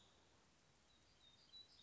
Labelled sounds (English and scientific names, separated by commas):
Black-throated Gray Warbler (Setophaga nigrescens)